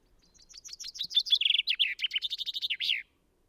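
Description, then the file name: Common chaffinch song: a rapid run of bright chipping notes that speeds up, drops in pitch, and ends in a brief flourish. "Fringilla coelebs"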